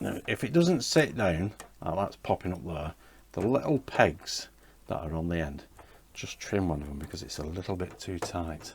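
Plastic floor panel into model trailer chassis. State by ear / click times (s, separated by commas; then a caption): not seated / none. Someone talks while handling the last plastic floor panel of a model truck trailer, which is being pressed down onto its small pegs into the trailer chassis after one peg was trimmed for being too tight. Only speech is heard, with no distinct click. Nothing has seated or clicked yet by the end of the clip.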